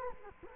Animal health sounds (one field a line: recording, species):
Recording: mosquito wingbeat signal from an infrared sensor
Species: Culex quinquefasciatus